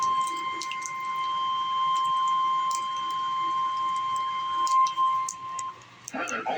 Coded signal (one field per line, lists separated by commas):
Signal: Emergency Alert System (SAME) tones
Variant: 1050 Hz attention tone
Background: speech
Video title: SVR EAS#69 UNLUCY NUMBER